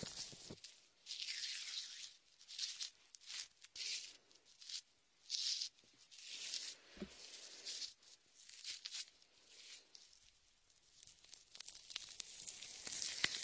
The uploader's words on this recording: Latex ear massage with shaving foam for comfort.